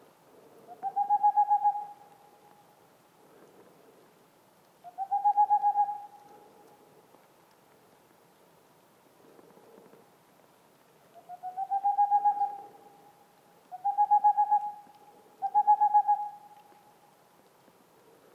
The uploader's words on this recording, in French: 20h15 - en montagne - parabole Tlmkh8040 - 2x omni 8020 - Mixpre 3. La Tengmalm boréale ( Aegolius funereus). Nous sommes aux portes de la méditerranée. Ce mâle chanteur près d'une loge de Pic noir.